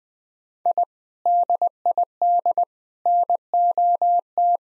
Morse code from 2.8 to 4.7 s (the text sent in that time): NOT